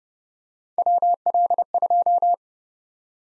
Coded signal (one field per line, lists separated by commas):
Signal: Morse code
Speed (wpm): 27 wpm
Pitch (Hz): 700 Hz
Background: none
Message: WL2